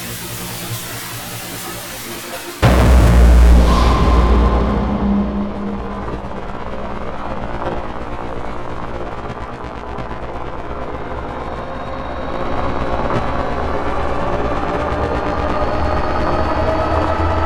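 A cinematic trailer hit: after a quiet low rumble, a sudden heavy boom lands at about two and a half seconds, with a bright crash that fades over the next few seconds. A dense, droning rumble with sustained tones follows and swells again near twelve seconds.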